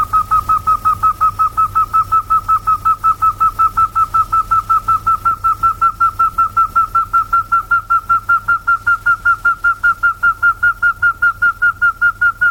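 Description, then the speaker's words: Rail calling a long, even string of short whistled notes, a little under three per second, steady in rhythm from start to finish. South American rail calling after warming up; belongs to a group known for long calls. "それでは南米のクイナはどうでしょう。ウォーミングアップをして鳴いております。"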